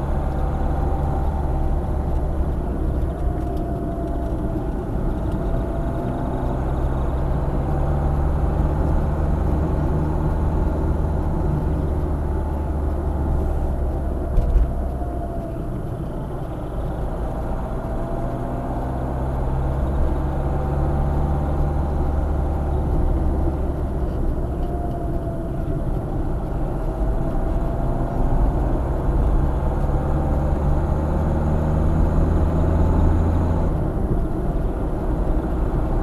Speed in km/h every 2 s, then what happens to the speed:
55, 44, 50, 56, 57, 53, 46, 39, 43, 50, 51, 45, 42, 49, 53, 59, 60, 60.
0-3 brakes to 44. 3-6 speeds up to 56. 9-13 brakes to 39. 15-19 speeds up to 51. 19-24 slows to 42. 24-30 speeds up to 59. 30-36 steady at about 60.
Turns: none.